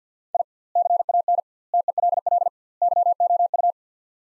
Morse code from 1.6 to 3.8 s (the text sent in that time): TELL YOU